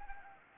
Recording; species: mosquito wingbeat signal from an infrared sensor; Anopheles arabiensis